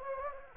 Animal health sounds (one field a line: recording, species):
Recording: mosquito wingbeat signal from an infrared sensor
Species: Anopheles gambiae